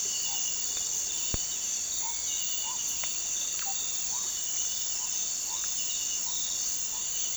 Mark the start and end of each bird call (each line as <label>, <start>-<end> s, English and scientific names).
Green Ibis (Mesembrinibis cayennensis), 0.00-7.11 s
Russet-backed Oropendola (Psarocolius angustifrons), 3.53-3.85 s